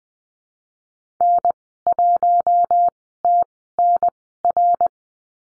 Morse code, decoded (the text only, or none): N1TNR